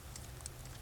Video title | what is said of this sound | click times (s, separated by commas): 2004 TOYOTA AVALON HOW TO CHANGE REAR BRAKE PADS & ROTORS - AND STUCK CALIPER SLIDE PIN! | put these boots back on, they just kind of snap | 0.5 s